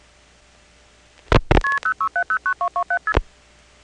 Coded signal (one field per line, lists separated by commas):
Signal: multi-frequency trunk signalling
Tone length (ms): 90 ms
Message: KP06709227KP2